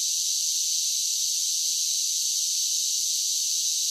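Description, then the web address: Cicadas in a short stretch of sustained, uniform high buzzing, no other animals or noises. Several cicadas singing, a buzzing insect song. "Blastwave INSECTS Cicadas Sing"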